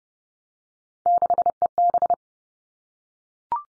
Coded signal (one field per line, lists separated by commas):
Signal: Morse code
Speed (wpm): 30 wpm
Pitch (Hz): 700 Hz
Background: none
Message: 6EB